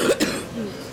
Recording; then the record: coughing mixed with background sound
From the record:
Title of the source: 60 coughing still (deep and wet cough)